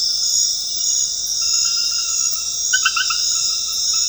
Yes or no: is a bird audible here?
no